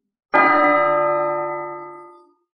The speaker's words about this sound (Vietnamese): Tiếng chuông vang vang, cả tòa Tu Di Sơn lập tức hào quang hừng hực hơn rất nhiều lần, như là một vùng đất lạnh thần thoại khiến người ta hít thở không thông.